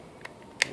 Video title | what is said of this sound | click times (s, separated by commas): Glocks for beginners: basic fundamentals | using your thumb you're going to pull it back just until it clicks | 0.6 s